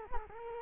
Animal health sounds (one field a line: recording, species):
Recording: mosquito wingbeat signal from an infrared sensor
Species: Culex quinquefasciatus